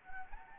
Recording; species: mosquito wingbeat signal from an infrared sensor; Anopheles gambiae